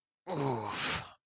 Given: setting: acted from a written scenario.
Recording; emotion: vocal sound without words; embarrassment